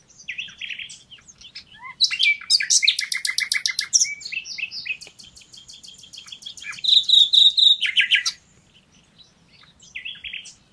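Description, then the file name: Common nightingale singing rich phrases: a whistled opening, then fast rattling trills and pulsed notes repeated several times a second, ending in a loud rhythmic burst before a pause. "Luscinia megarhynchos"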